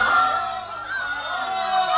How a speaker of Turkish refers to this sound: İşitiyor musun Apollon? Halk beni alkışlıyor.